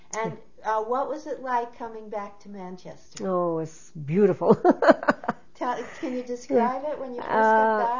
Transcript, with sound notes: And what was it like, coming back to Manchester?
Oh, it was beautiful! [Laughs]
Can you describe it, when you just got back?